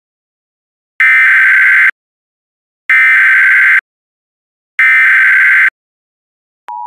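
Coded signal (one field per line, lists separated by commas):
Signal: Emergency Alert System (SAME) tones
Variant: header bursts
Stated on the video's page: Fictional EAS scenario in an audio drama.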